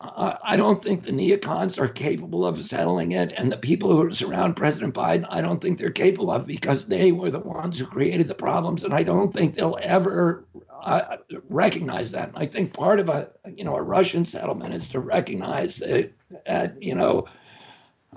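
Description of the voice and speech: Adult male speaker, talking in connected speech with a strained, effortful, creaky voice that breaks at times, with a pause partway through; the sound of his voice is due to the spasmodic dysphonia he suffers from.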